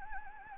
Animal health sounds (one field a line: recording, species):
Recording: mosquito wingbeat signal from an infrared sensor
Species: Anopheles gambiae